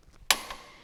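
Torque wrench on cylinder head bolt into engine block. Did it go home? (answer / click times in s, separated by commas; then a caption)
yes / 0.3 s. A click-type torque wrench tightens the last cylinder head bolt into a Farmall engine block to 70 ft-lb. It gives a sharp, bright metallic click at 0.3 s that rings out, followed by a fainter tick at 0.5 s. The wrench reaches its torque spec at the click.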